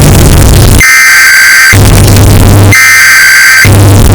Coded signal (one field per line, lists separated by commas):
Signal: Emergency Alert System (SAME) tones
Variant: header bursts